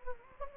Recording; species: mosquito wingbeat signal from an infrared sensor; Anopheles gambiae